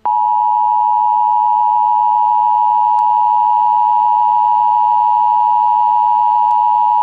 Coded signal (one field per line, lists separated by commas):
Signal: Emergency Alert System (SAME) tones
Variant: 853 and 960 Hz attention tone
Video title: The EAS has been activated, Charlie Brown!